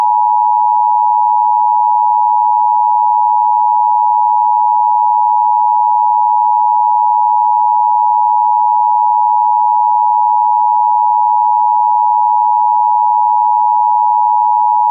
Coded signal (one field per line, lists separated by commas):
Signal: Emergency Alert System (SAME) tones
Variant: 853 and 960 Hz attention tone